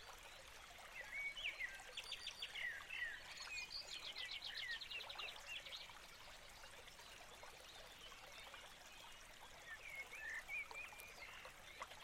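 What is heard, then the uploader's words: Birds sing in a forest, with a busy run of chirps and rapid trilled notes in the first five seconds, then sparser, softer calls. A steady, hissing wash like running water fills the background throughout, with little low sound beneath. Forest Nature Sounds-Soothing Birds Singing-Natural Sound of Water.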